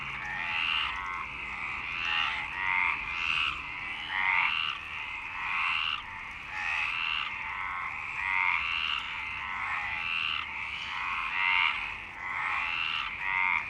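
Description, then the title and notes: Dense chorus of frogs, rapid overlapping raspy croaks continuing without pause. Frogs in Parc Longchamp, Marseille, Provence-Alpes-Côte d'Azur, France, 26 March 2011 at 19:35, recorded with a MixPre-6 and BASIC UCHO. "Marseille, Provence-Alpes-Côte d'Azur, France - 26_03_11_19_35 Longchamps_004 grenouilles. Grenouilles au parc de Longchamp MIXPRE 6 + BASIC UCHO"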